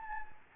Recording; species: mosquito wingbeat signal from an infrared sensor; Anopheles gambiae